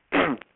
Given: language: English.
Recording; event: throat vibration sensor signal played as sound; throat clearing